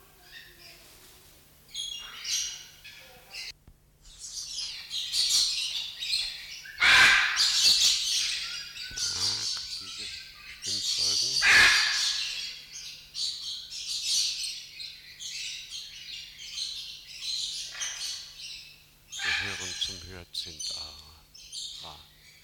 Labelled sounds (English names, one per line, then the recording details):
Hyacinth Macaw call
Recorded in captivity
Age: adult
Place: Zoo Berlin, Berlin, DE
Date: 1994-01-15
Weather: wechselnd wolkig, +5°C
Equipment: Marantz CP 430, Sennheiser MKH 416 T, Kopie Uher Variocord 263
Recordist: Tembrock, Günter